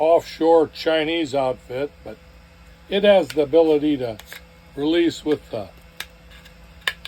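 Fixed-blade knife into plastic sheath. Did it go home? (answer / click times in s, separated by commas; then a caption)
yes / 6.9 s. A fixed-blade knife is pushed into its plastic sheath while someone talks, and the retention clicks it into place at 6.9 seconds. The blade is seated and can be popped loose with the thumb. Short, sharp clicks are heard around 6.0, 6.9 and 7.1 seconds.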